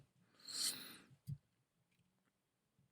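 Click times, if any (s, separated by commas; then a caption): none. A small plastic toy surfboard is pressed onto the roof of a diecast toy truck, where its knobs should fit into little holes. A soft scraping rustle from about 0.4 to 1.1 s is followed by a short dull thump near 1.3 s and faint light ticks. Nothing has snapped or clicked into place; the board only rests on the roof.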